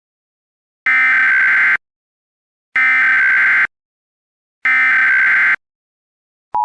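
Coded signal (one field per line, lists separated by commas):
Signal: Emergency Alert System (SAME) tones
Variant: header bursts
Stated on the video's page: Fictional short EAS scenario containing valid SAME tones.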